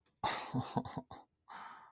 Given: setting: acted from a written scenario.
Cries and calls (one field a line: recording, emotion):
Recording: vocal sound without words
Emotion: disappointment